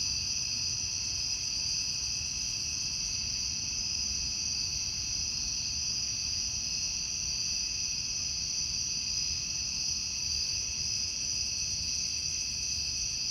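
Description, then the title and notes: Cicadas droning continuously, a high, even, hissing buzz filling the whole stretch with no pauses, low hum underneath. Outdoor summer recording of cicadas. "Ext Cicadas, Car Driving By, Summer by Bandeto"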